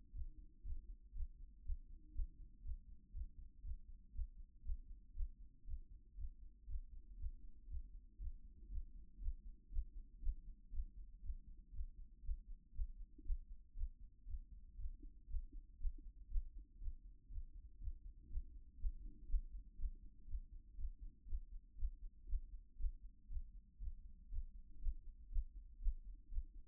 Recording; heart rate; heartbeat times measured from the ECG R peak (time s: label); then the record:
heart sounds by stethoscope; 119 bpm
0.12 s: heartbeat
0.62 s: heartbeat
1.12 s: heartbeat
1.62 s: heartbeat
2.12 s: heartbeat
2.61 s: heartbeat
3.11 s: heartbeat
3.61 s: heartbeat
4.11 s: heartbeat
4.62 s: heartbeat
5.13 s: heartbeat
5.64 s: heartbeat
6.15 s: heartbeat
6.66 s: heartbeat
7.16 s: heartbeat
7.67 s: heartbeat
8.18 s: heartbeat
8.68 s: heartbeat
9.18 s: heartbeat
9.69 s: heartbeat
10.19 s: heartbeat
10.70 s: heartbeat
11.20 s: heartbeat
11.71 s: heartbeat
12.21 s: heartbeat
12.71 s: heartbeat
13.22 s: heartbeat
13.73 s: heartbeat
14.25 s: heartbeat
14.76 s: heartbeat
15.27 s: heartbeat
15.77 s: heartbeat
16.28 s: heartbeat
16.78 s: heartbeat
17.28 s: heartbeat
17.78 s: heartbeat
18.27 s: heartbeat
18.77 s: heartbeat
19.26 s: heartbeat
19.75 s: heartbeat
20.25 s: heartbeat
20.75 s: heartbeat
21.25 s: heartbeat
21.75 s: heartbeat
22.25 s: heartbeat
22.76 s: heartbeat
23.27 s: heartbeat
23.78 s: heartbeat
24.28 s: heartbeat
24.79 s: heartbeat
25.29 s: heartbeat
25.78 s: heartbeat
26.28 s: heartbeat
From the record:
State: after exercise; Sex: female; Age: 26 years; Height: 180 cm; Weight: 85 kg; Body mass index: 26.23